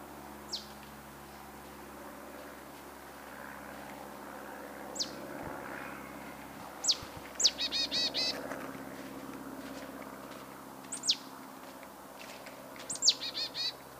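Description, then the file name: Marsh tit calls: sharp, high downward-slurred notes scattered throughout, twice followed by a quick run of buzzy, nasal notes; steady low hum underneath. "Poecile palustris"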